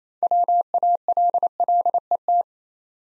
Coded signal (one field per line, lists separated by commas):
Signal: Morse code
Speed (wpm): 29 wpm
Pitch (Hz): 700 Hz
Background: none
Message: WALLET